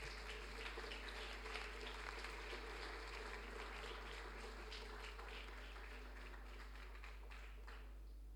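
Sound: group applause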